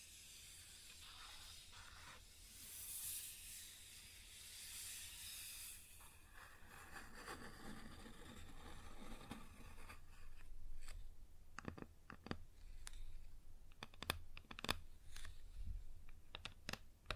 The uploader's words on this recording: ASMR Wood Surface Tapping & Scratching (No Talking).